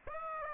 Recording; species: mosquito wingbeat signal from an infrared sensor; Aedes aegypti